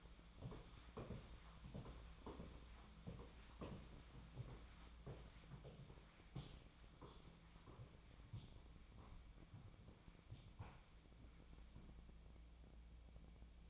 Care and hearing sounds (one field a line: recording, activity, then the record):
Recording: daily activity, microphone in the room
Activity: walk to room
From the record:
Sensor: 1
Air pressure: 1010.2 hPa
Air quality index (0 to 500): 182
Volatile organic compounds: 15 ppm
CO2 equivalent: 2507 ppm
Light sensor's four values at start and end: 38/97/40/49 and 39/99/41/51